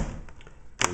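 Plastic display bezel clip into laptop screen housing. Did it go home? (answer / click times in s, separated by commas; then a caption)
yes / 0.8 s. A plastic display bezel clip on an iBook is pressed into the laptop screen housing. A few faint taps come first, then a sharp snap at 0.8 s as the clip seats into place.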